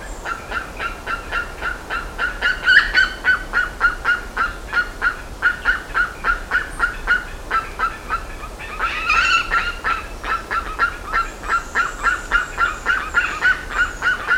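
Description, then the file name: Bird repeats short nasal mid-pitched notes rapidly, roughly three or four a second, for the whole stretch, with a brief louder flurry near the middle. "SABIOD 50 bird 2015"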